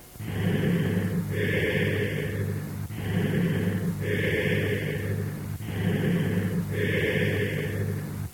Cavernous type of bronchial breath sounds heard over a cavity. Note the low pitch of the bronchial sounds.